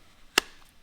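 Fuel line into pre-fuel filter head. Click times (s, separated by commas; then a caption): 0.4 s. A fuel line fitting is pushed into position on the pre-fuel filter head of a Toyota Hilux N80. A single sharp, broadband snap is heard at 0.4 s against quiet background. The fuel line seats tight in the fitting.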